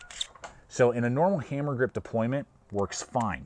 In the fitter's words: then you click it back in snaps into place it's not coming out you push up so